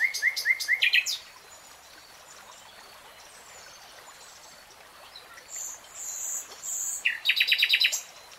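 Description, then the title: Nightingale delivering a fast series of clipped notes, high thin whistles after a pause, then a harsh rapid rattle to finish. Three-hour real-time recording. "[Tiếng chim hót] 3 Hours REALTIME Nightingale Singing"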